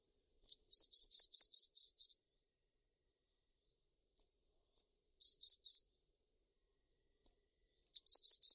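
Bird song as short phrases of quick, high chirps, with gaps of a few seconds between phrases; nothing else audible.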